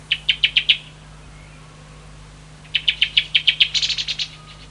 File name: drozd pevchij